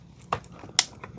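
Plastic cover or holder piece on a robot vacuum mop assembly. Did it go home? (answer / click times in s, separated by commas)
yes / 0.8 s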